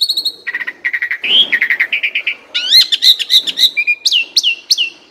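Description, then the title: Asian pied starling song opening with quickly repeated short notes, moving into upslurred whistles, with a few sharp downslurred whistles at the close. Bird-training masteran recording meant to stimulate birds that sing too little and are listless. "Masteran Jalak Suren"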